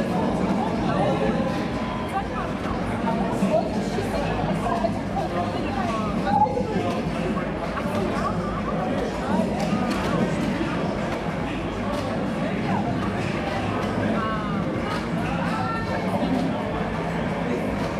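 A gaming arcade full of overlapping voices and chatter, a steady dense crowd din with no pauses. Brief bright electronic tones and rising blips poke through now and then, especially around the middle and near the end, over a constant low rumble.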